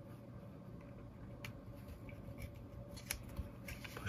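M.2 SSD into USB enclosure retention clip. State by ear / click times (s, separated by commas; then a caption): seated / 3.1 s. An M.2 SSD card is pushed into the slot of a USB enclosure and pressed down so the plastic retention clip holds it. Small handling sounds come first, then a sharp click at 3.1 s as the clip seats, followed by a few light taps. The drive is seated.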